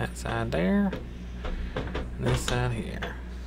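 Someone talks while handling the plastic bottom clip of a Whirlpool washer control panel, fitting it into the cabinet during a repair for a washer that will not go into the rinse cycle or get cold water. A brief handling knock comes at about 1.8 s. Nothing has seated or clicked yet.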